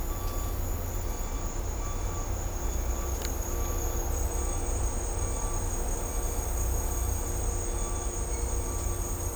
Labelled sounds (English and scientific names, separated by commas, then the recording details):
none
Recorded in dense forest near Puerto Asís, Putumayo, Colombia, on 18 December 2024 at 11:30
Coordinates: 0.503, -76.323
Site G043